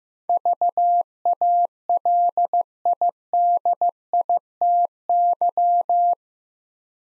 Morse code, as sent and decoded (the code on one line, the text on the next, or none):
...- .- .-.. .. -.. .. - -.--
VALIDITY